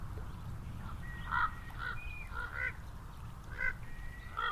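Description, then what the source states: Common raven calling repeatedly, a run of short, hoarse, throaty notes at uneven intervals, with a low traffic hum underneath. Ravens at Elizabeth Lake, with passing cars audible.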